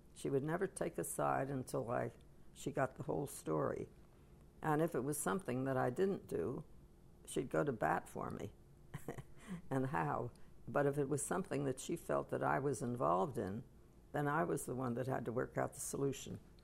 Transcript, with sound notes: She would never take a side until I, she got the whole story. And if it was something that I didn't do, she'd go to bat for me. (she laughs) And how. But if it was something that she felt that I was involved in, then I was the one that had to work out the solution.